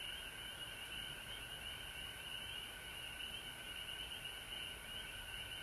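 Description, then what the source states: Frogs calling in a dense, steady chorus, a continuous high trilling drone with a lower humming band beneath it, unbroken for the whole stretch. Frogs recorded at home in Georgia on March 19, 2020.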